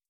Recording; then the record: hydrophone in a shrimp aquaculture tank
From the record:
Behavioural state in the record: starved